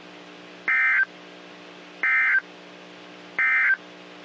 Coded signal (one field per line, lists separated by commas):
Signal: Emergency Alert System (SAME) tones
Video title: EAS 1841-1847 (5/15 & 5/16/22)